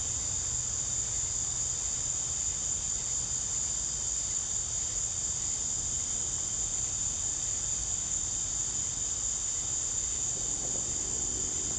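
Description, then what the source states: Cricket chorus holds one steady, shrill ringing tone from start to finish over a soft low rumble, with a faint extra sound near the end. Crickets in a southern evening ambience, recorded in summer.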